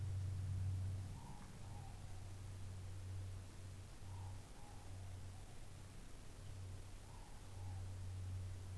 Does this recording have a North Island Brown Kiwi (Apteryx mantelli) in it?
no